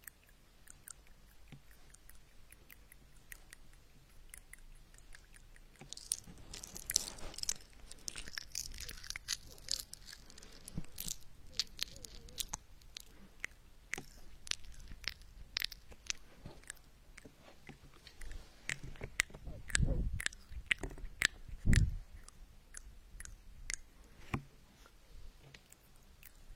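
Popping candy crackles in the mouth, a dense scatter of sharp snaps and fizz, with louder chewing crunches and thumps around twenty seconds.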